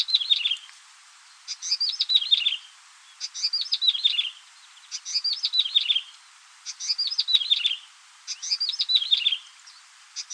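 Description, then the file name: Yellow-bellied prinia song: a short phrase of high sweet chirps and wavering notes falling in pitch, repeated every one and a half to two seconds. "yellow bellied prinia omkicau"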